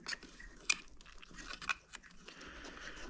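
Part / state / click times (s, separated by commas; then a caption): washer hose grommet into the hard top opening / seated / 0.7 s. A washer hose on a 2023 Jeep Wrangler Rubicon 392 is threaded back through an opening in the hard top, and its grommet is pressed into the opening. Soft handling and rustling lead to a sharp click at 0.7 s as the grommet snaps back into place, followed by a few quieter ticks. The grommet is seated.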